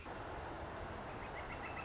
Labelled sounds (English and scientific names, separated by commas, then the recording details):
Northern Flicker (Colaptes auratus)
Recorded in Sonoma County, California